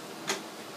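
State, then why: Seated. The handle of a sterilizer door is lifted and the door is closed down, and its latch engages with a single sharp, bright click at 0.3 s over a steady low hiss. The sterilizer door is latched closed.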